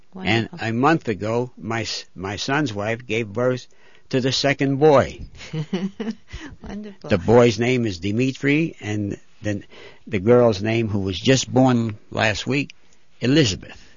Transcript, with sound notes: And a month ago my son's wife gave birth to the second boy. (laughs) The boy's name is Diminitri, and the girl's name, who was just born last week, Elizabeth.